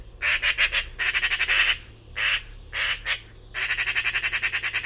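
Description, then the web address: Bird calling in harsh, rapid, pulsed bursts of buzzy chatter, several runs of quick repeated notes separated by brief pauses. "cianscape birddata Deverinetal 2025"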